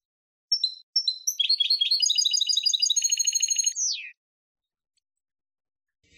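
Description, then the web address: Finch song, a few high separate notes, then fast buzzy trills that speed into a rattle and end in a falling slur. Tutor song for training finches. "صدای-سهره-مربی-برای-اموزش"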